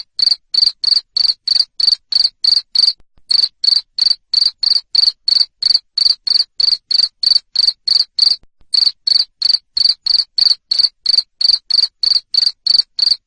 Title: Suara JANGKRIK NGERIK Keras Bikin LOVEBIRD Jadi NGEKEK Terus Vubey